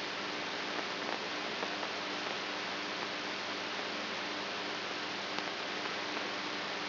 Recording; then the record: brain microelectrode recording played as sound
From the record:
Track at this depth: outside the subthalamic nucleus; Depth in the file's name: 6.507 mm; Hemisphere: right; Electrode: 3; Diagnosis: Parkinson's disease